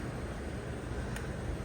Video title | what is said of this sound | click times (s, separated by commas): Replacing the Drivers Side License Plate Bulb on a Jeep Renegade. | so it's like a hinge point right there so it's locked in and then | 1.2 s